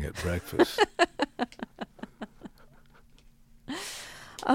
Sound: soundbite laughter

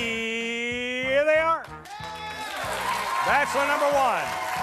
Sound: applause

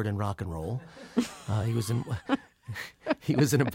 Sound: laughter

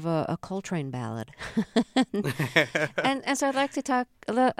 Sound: soundbite of laughter

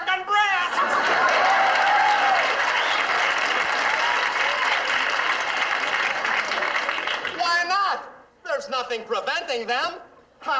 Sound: soundbite of laughter, cheers and applause

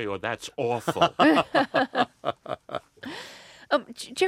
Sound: soundbite of laughter

